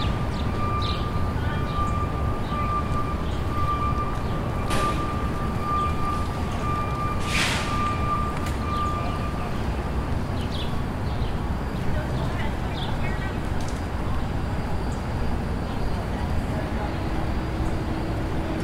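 Bustling activity sits over a dense, steady low roar that never lets up. A thin, held whine runs through the first ten seconds, and two short, sharp hissing bursts cut in near 5 and 7.5 seconds, with faint scattered chirps above.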